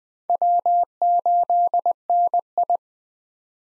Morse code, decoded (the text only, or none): W8NI